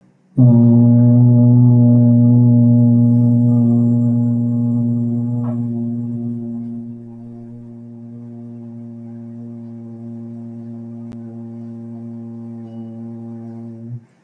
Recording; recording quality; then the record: sustained vowel as in boot; excellent, no background noise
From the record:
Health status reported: healthy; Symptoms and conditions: none ticked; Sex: male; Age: 42 years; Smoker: not ticked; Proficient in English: yes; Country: India